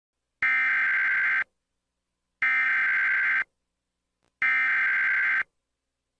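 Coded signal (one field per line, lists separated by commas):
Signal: Emergency Alert System (SAME) tones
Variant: header bursts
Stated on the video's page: EAS mock reenacting a 2021 Kentucky tornado emergency, using borrowed alert audio and a cable-box (Xfinity) loading screen.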